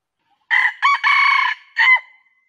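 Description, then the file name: Junglefowl crow, a single loud four-part phrase: two short notes, a longer buzzy middle, then a brief final note trailing off. Male. "suara ayam hutan jantan durasi panjang"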